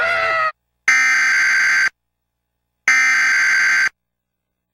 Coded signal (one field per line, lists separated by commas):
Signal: Emergency Alert System (SAME) tones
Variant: header bursts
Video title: Moamoa toys EAS Tornado🌪 ￼